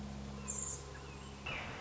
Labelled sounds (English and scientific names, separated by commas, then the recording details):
Red-shouldered Hawk (Buteo lineatus)
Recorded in Sonoma County, California